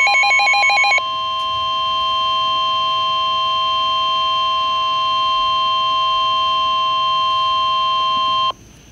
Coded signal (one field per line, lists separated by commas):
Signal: Emergency Alert System (SAME) tones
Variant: 1050 Hz attention tone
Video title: Severe T-Storm Warning [EAS #40] 7-3-12